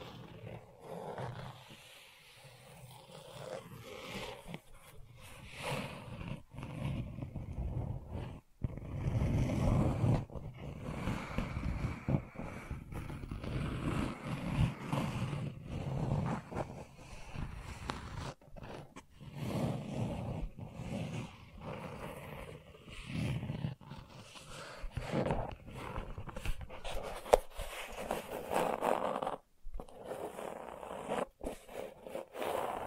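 Gentle scratching goes on almost continuously, a dense, uneven rustle with a low rumbling undertone, broken by brief pauses around ten and thirty seconds.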